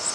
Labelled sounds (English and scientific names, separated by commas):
Louisiana Waterthrush (Parkesia motacilla) flight call